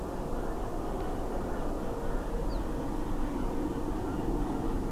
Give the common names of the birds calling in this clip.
Ortolan Bunting